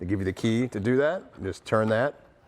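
A man talks while handling the supplied key for the locking end cap on the end of a Rhino-Rack aero roof-rack crossbar on a 2020 Jeep Gladiator. Only his voice is heard, with no distinct click. The cap has not yet locked in place.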